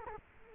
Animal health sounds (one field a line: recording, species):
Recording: mosquito wingbeat signal from an infrared sensor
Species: Culex quinquefasciatus